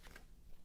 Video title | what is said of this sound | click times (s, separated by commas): Tineco iFLOOR 3 Breeze Complete Review | this just hooks in snaps right back into place you'll hear it click there | 0.2 s